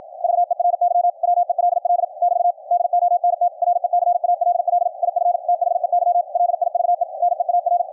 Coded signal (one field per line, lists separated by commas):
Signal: Morse code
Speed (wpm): 53 wpm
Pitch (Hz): 700 Hz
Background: none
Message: VERY WELL <BT> DONT RECALL IF THEY LIVE NEAR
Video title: QRQ CW NET on 40 meters - recorded LIVE from an Elecraft K3S on 10-12-2019